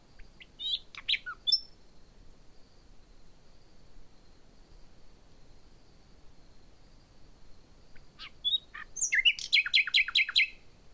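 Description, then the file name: Common nightingale singing: a short burst of sharp chirps early, a long quiet pause with a thin steady high tone, then a rich phrase of rapid buzzy repeated notes. "Luscinia megarhynchos"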